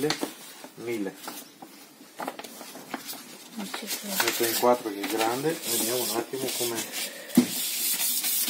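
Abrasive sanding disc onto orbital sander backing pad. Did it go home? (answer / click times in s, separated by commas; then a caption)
no / none. Someone talks while fitting a 1000-grit abrasive paper disc onto the hook-and-loop pad of an orbital sander for polishing headlights, with rubbing, spray-like sounds and a few short knocks. No click is heard, and the disc does not attach to the pad.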